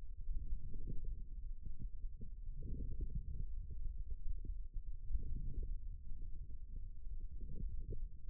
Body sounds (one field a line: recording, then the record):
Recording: forearm muscle sounds (acoustic myography)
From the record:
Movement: outward rotation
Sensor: system 2, bracelet of six BSWA MPA416 microphones around the upper forearm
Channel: 4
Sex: male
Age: 22 years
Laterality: right